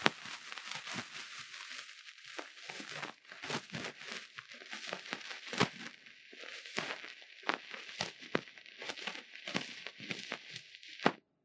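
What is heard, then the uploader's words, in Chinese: A fluffy fur ball is rubbed and brushed, making dense, crackling rustles. Sharp scratchy bursts arrive irregularly, several per second, over a steady soft hiss, with a few louder swipes near the end before it stops abruptly. 貫穿腦門的絨毛毛球觸發 | Lo-fi | Brain Penetrating Ear Cleaning | NO Talking。因為是收音比較沒那麼敏感的小麥克風。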